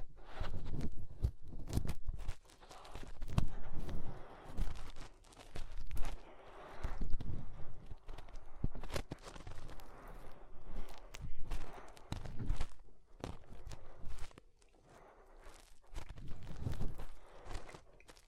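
Fingers rub and press inside the ear, making muffled thumping and scratching sounds that come in uneven bursts throughout. Sharp clicks and crackles stand out against a low rumble, with brief quieter gaps around 13 and 16 seconds.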